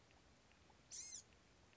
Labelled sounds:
Blue-gray Gnatcatcher
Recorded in Sonoma County, California

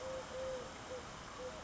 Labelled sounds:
Eurasian Collared Dove
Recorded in Sonoma County, California

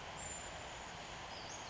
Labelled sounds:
Western Flycatcher
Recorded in Sonoma County, California

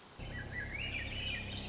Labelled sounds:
Swainson's Thrush
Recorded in Sonoma County, California

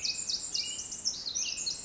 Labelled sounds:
Pacific Wren
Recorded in Sonoma County, California

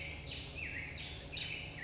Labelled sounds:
Black-headed Grosbeak
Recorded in Sonoma County, California

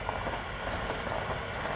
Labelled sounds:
California Towhee
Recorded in Sonoma County, California

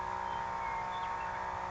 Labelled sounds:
Western Meadowlark
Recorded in Sonoma County, California

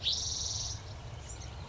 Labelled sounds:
Spotted Towhee
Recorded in Sonoma County, California

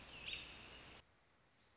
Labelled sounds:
American Robin
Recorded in Sonoma County, California

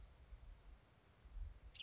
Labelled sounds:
Western Tanager
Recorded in Sonoma County, California

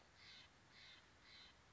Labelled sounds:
Steller's Jay
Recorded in Sonoma County, California

